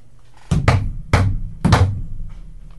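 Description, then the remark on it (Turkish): Someone raps on a door, about five sharp, hollow knocks in quick uneven groups of two, one and two, fairly loud with no talking. “Kapıyı çalmaya hazırım Mırra.”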